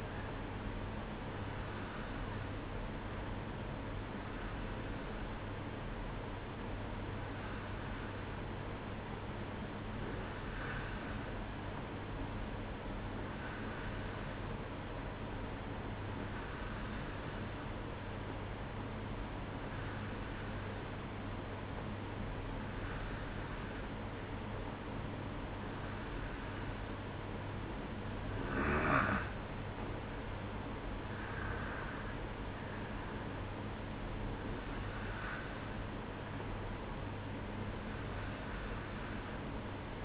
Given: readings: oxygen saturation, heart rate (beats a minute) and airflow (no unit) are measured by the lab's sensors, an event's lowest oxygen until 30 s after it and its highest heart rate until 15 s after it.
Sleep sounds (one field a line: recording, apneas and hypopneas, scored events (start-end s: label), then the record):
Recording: breathing in sleep by a voice recorder at the bedside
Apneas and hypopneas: none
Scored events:
none scored
From the record:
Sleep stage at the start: N2 (light sleep)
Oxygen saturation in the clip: 92 to 93%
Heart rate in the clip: 62 to 70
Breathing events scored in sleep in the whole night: 305 in 9.6 hours asleep